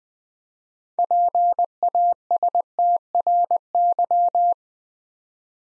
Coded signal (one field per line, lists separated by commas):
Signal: Morse code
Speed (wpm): 20 wpm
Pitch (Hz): 700 Hz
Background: none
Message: PASTRY